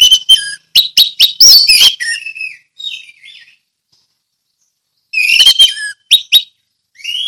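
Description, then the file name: Orange-headed thrush song: two loud clusters of sharp high notes with soft sliding whistles between them and a rising whistle at the end. Ngeplong song style. "anis merah ngeplong"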